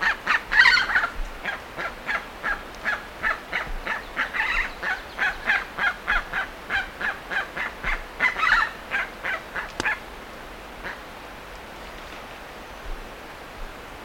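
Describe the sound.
Bird calls: rapid harsh notes, several rising louder, then the series stops and only a couple of faint notes follow.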